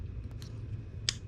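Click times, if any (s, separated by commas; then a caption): 1.1 s. A plastic Bleeding Edge tool fitting is pushed onto the bleed port of a SRAM Code R / SRAM Guide hydraulic bike brake caliper during a DOT oil bleed. A faint tick comes at 0.4 s, then one sharp, bright click at 1.1 s as the fitting seats. No one talks over the quiet background.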